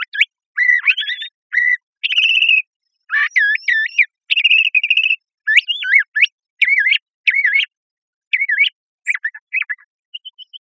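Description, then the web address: Bird giving rapid sequences of warbling, whistled phrases with twisting up-down notes, later shorter chips and a few faint high notes at the end. Costa Rica. "birdfinder birdvocals CR"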